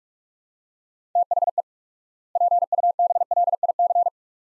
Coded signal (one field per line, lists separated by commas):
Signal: Morse code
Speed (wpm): 47 wpm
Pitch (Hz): 700 Hz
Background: none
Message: THE PUBLIC